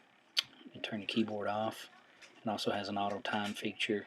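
An iPad in a Zagg keyboard case is folded shut, and its lid closes onto the keyboard base with a sharp tick-like hit at 0.4 s. The lid closes and locks, engaging the auto lock. Someone talks afterward.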